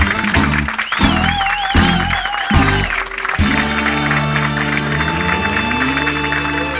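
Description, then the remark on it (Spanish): Loud, sustained applause from a crowd in the gardens of Service 16 at Hospital Borda, during a Radio La Colifata FM22 broadcast on a somewhat cold day, dense and continuous, with rhythmic thumping bursts early on and wavering whistle-like tones riding over the clapping. “Fuerte el aplauso.”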